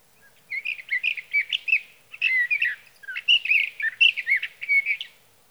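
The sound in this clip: Sage thrasher warbles in several quick bursts of varied, musical and slightly buzzy notes, each separated by a short pause.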